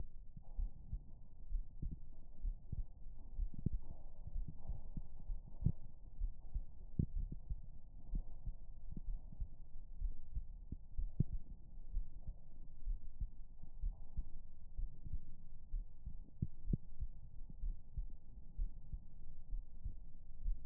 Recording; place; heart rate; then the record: heart sounds by stethoscope; pulmonary valve (PV); 64 bpm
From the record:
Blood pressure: 135/87 mmHg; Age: 51 years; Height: 155 cm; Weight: 71 kg